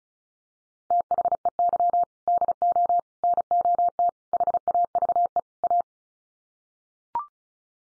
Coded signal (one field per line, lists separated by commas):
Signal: Morse code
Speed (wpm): 34 wpm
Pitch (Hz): 700 Hz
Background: none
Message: THEY DO NOT HAVE A